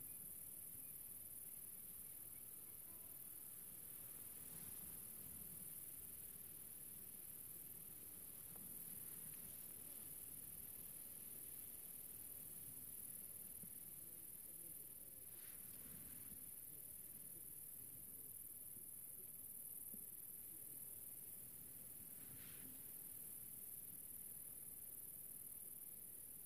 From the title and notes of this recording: Relaxing Sounds - Nature - Grasshopper. This was recorded a few years ago when i was filming a documentary in a small town called General Alvear. I found myself in the middle of the countryside under the summer sun and this little grasshoper appeard.